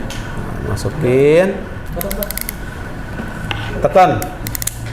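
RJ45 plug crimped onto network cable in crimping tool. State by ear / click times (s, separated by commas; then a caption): seated / 4.5 s, 4.6 s, 4.7 s. Someone talks while an RJ45 network plug, with the twisted-pair wires inserted, is squeezed in a ratcheting crimping tool. A quick run of ratchet clicks sounds at about 4.5, 4.6, 4.6 and 4.7 seconds as the plug is crimped onto the network cable and seats.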